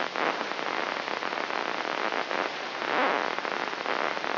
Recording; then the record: brain microelectrode recording played as sound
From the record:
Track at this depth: inside the subthalamic nucleus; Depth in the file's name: 1.513 mm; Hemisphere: left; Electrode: 3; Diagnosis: Parkinson's disease